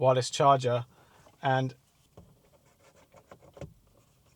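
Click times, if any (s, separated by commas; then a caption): 3.6 s. Someone talks at the start, then a portable car display is slid onto its proprietary mounting bracket on a vent mount clip, with light plastic-on-plastic scraping and taps. It clicks into place at 3.6 seconds and is seated.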